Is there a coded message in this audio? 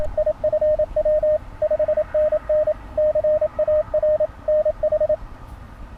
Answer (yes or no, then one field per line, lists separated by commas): yes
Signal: Morse code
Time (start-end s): 0.2-5.1 s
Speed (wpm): 28 wpm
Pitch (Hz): 610 Hz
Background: radio noise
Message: IFW 5NN CAR NH